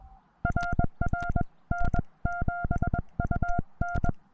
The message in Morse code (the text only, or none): RR N7UN